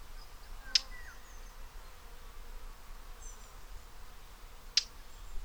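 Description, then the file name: Eurasian blackcap calls: two sharp clicking tacks spaced about four seconds apart, faint high twittering of other birds in between, steady low background rumble. "Sylvia atricapilla"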